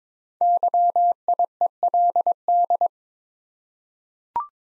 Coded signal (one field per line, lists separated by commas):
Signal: Morse code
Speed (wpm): 22 wpm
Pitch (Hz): 700 Hz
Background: none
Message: YIELD